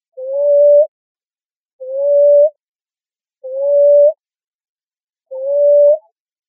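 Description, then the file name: Common ground dove cooing: four drawn-out, mellow notes that rise gently toward the end, spaced roughly every one and three-quarter seconds, with nothing else audible. Recorded in Arizona on 1 July 2006. "AZFO COGD 5 deviche"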